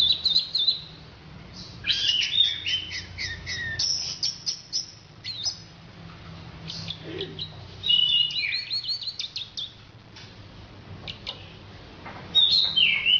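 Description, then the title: Orange-headed thrush song: bursts of rapid high chirps, trills and warbled phrases, separated by short silent gaps, over faint low background noise. "Anis Merah"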